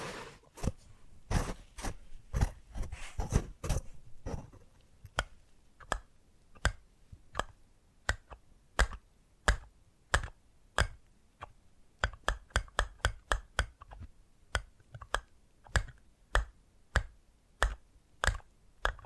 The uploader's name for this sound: Addictive Tapping Triggers